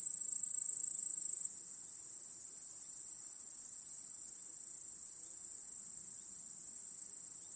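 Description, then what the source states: Crickets chirping as a steady high trill, louder for the first moment and then settling into an even, softer shimmer. Chorus of crickets in a home backyard at night.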